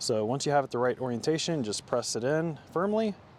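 Someone talks while handling a plastic Gen 3 satellite dish mast adapter plate, getting it in the right orientation to press firmly into a metal pivot mount mast. Nothing has seated or clicked yet; the clip ends with only a faint tick at 3.4 seconds before the plate goes home.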